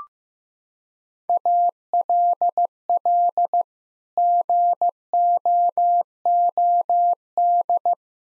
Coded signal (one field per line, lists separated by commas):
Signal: Morse code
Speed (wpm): 15 wpm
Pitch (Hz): 700 Hz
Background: none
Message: ALL GOOD